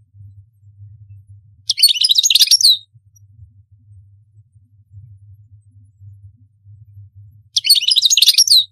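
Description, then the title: European goldfinch singing two rapid, liquid twittering phrases about six seconds apart, each around a second long, with a faint low hum between them. "Chant Chardonneret"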